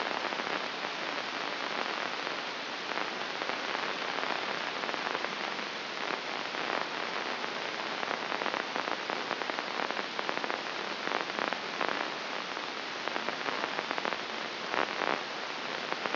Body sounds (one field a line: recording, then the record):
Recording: brain microelectrode recording played as sound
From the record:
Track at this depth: outside the subthalamic nucleus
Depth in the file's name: 4.223 mm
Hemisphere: left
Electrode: 2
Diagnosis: Parkinson's disease